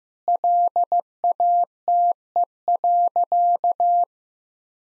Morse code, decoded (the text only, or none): LATE.